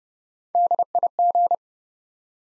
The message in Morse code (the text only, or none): DIG